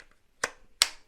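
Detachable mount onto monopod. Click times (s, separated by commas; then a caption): 0.8 s. A detachable mount is refitted onto a Sirui P-424FL monopod. A softer sharp tap comes at 0.4 s, then a loud, bright click at 0.8 s as the mount clicks into place and is seated.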